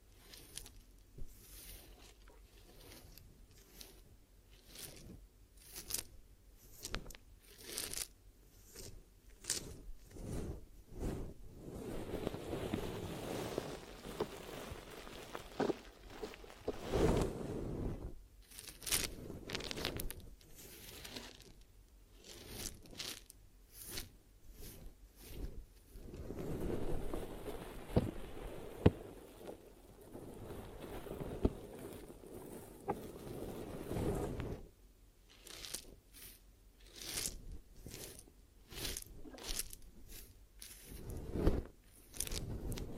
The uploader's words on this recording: ASMR Sleepy Glue Ear Massage and Cleaning (No Talking).